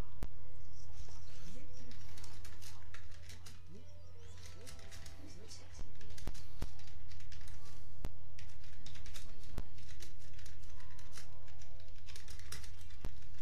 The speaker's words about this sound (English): I just type on the keyboard like that and it just happens.